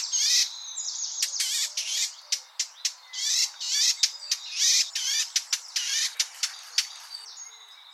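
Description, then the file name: Eurasian blackcap calling in scratchy, buzzy bursts mixed with sharp, dry ticking clicks. "Sylvia atricapilla"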